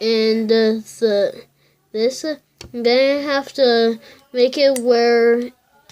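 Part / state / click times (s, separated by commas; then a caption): plastic brick piece into a brick-built butterfly knife / not seated / none. A plastic building-brick piece is being handled to press it into a brick-built toy butterfly knife while someone talks throughout. The part is still being worked into place, and nothing has seated or clicked yet.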